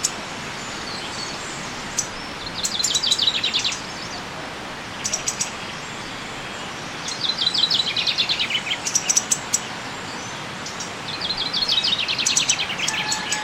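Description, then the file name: Common chaffinch song: three rapid descending phrases, mixed with sharp high ticks, over steady background noise. "Fringilla coelebs"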